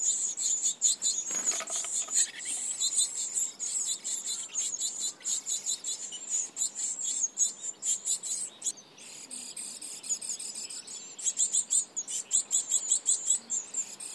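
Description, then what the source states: Japanese tit giving high, thin buzzy calls almost without a break, a steady pulsing trill, with a short rustle early on. Kokubunji, 7 June 2015.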